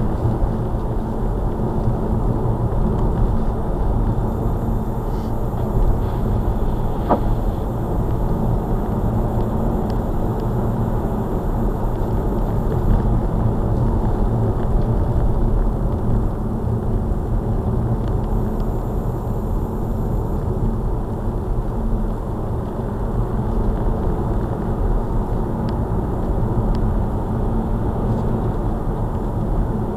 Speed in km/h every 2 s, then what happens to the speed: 58, 58, 60, 60, 60, 60, 60, 53, 45, 47, 48, 55, 61, 61, 61.
0-12 steady at about 60. 12-15 brakes to 45. 18-24 speeds up to 61. 24-30 steady at about 61.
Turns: none.